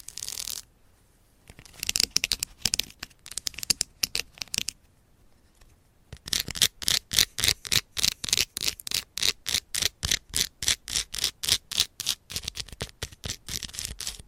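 Fast fingernail tapping and scratching on assorted items, made up of sharp, bright clicks. A brief hiss opens it, then scattered taps run to about five seconds, and after a short pause a dense, steady rapid-fire rhythm of crisp taps fills the rest.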